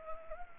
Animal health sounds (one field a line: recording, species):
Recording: mosquito wingbeat signal from an infrared sensor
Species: Anopheles gambiae